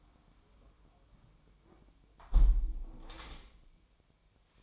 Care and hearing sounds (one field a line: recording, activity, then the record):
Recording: daily activity, microphone in the room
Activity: close window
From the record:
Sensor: 1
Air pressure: 1006.6 hPa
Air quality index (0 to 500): 209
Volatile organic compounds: 24 ppm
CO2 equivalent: 2809 ppm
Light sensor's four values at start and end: 12/32/12/14 and 12/30/12/13